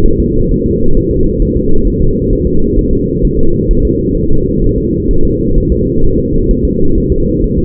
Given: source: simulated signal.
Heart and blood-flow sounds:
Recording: fetal heart sounds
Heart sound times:
0.06 s: S1
0.20 s: S2
0.52 s: S1
0.66 s: S2
0.97 s: S1
1.11 s: S2
1.42 s: S1
1.56 s: S2
1.88 s: S1
2.02 s: S2
2.33 s: S1
2.47 s: S2
2.78 s: S1
2.93 s: S2
3.24 s: S1
3.39 s: S2
3.71 s: S1
3.85 s: S2
4.17 s: S1
4.32 s: S2
4.64 s: S1
4.78 s: S2
5.11 s: S1
5.25 s: S2
5.58 s: S1
5.72 s: S2
6.04 s: S1
6.19 s: S2
6.51 s: S1
6.65 s: S2
6.98 s: S1
7.12 s: S2
7.44 s: S1
7.58 s: S2
From the record:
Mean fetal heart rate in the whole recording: 130 bpm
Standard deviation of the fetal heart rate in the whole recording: 4 bpm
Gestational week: 38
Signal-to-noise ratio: -19.1 dB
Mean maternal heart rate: 72 bpm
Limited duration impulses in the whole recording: present

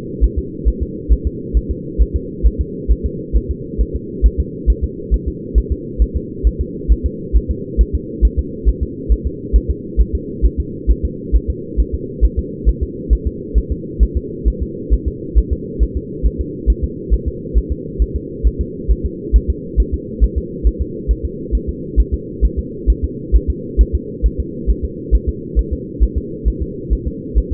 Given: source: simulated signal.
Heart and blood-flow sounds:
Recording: fetal heart sounds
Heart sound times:
0.24 s: S1
0.38 s: S2
0.68 s: S1
0.82 s: S2
1.12 s: S1
1.27 s: S2
1.57 s: S1
1.71 s: S2
2.01 s: S1
2.16 s: S2
2.46 s: S1
2.61 s: S2
2.92 s: S1
3.06 s: S2
3.37 s: S1
3.51 s: S2
3.81 s: S1
3.95 s: S2
4.26 s: S1
4.40 s: S2
4.70 s: S1
4.84 s: S2
5.14 s: S1
5.28 s: S2
5.58 s: S1
5.72 s: S2
6.02 s: S1
6.16 s: S2
6.47 s: S1
6.61 s: S2
6.92 s: S1
7.06 s: S2
7.36 s: S1
7.51 s: S2
7.81 s: S1
7.95 s: S2
8.25 s: S1
8.39 s: S2
8.69 s: S1
8.83 s: S2
9.12 s: S1
9.26 s: S2
9.56 s: S1
9.70 s: S2
10.01 s: S1
10.15 s: S2
10.45 s: S1
10.60 s: S2
10.91 s: S1
11.05 s: S2
11.36 s: S1
11.50 s: S2
11.80 s: S1
11.94 s: S2
12.25 s: S1
12.39 s: S2
12.69 s: S1
12.83 s: S2
13.13 s: S1
13.27 s: S2
13.58 s: S1
13.72 s: S2
14.03 s: S1
14.17 s: S2
14.48 s: S1
14.62 s: S2
14.93 s: S1
15.08 s: S2
15.38 s: S1
15.53 s: S2
15.83 s: S1
15.97 s: S2
16.26 s: S1
16.41 s: S2
16.70 s: S1
16.84 s: S2
17.14 s: S1
17.28 s: S2
17.57 s: S1
17.72 s: S2
18.02 s: S1
18.16 s: S2
18.47 s: S1
18.61 s: S2
18.91 s: S1
19.06 s: S2
19.36 s: S1
19.50 s: S2
19.80 s: S1
19.94 s: S2
20.24 s: S1
20.38 s: S2
20.67 s: S1
20.81 s: S2
21.11 s: S1
21.25 s: S2
21.55 s: S1
21.69 s: S2
22.00 s: S1
22.14 s: S2
22.45 s: S1
22.59 s: S2
22.90 s: S1
23.04 s: S2
23.36 s: S1
23.50 s: S2
23.81 s: S1
23.95 s: S2
24.26 s: S1
24.40 s: S2
24.70 s: S1
24.85 s: S2
25.15 s: S1
25.29 s: S2
25.59 s: S1
25.73 s: S2
26.03 s: S1
26.18 s: S2
26.48 s: S1
26.62 s: S2
26.93 s: S1
27.07 s: S2
27.38 s: S1
27.53 s: S2
From the record:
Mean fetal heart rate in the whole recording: 135 bpm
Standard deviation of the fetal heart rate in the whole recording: 3 bpm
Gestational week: 34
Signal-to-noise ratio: -4.1 dB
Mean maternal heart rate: no maternal heart sound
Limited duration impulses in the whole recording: absent

